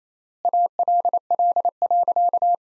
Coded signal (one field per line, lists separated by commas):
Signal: Morse code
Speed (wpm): 28 wpm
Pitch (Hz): 700 Hz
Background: none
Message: ALL.